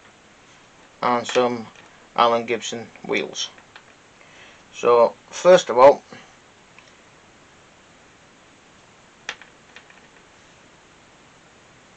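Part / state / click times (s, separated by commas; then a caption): model railway wheelset into 3D printed plastic wagon chassis / seated / 9.3 s. Someone talks, then metal Allen Gibson wheelsets are pressed into the 3D printed plastic chassis of an O gauge Talyllyn model wagon. A sharp click at 9.3 s marks the wheelset seating in place, followed by a few faint ticks.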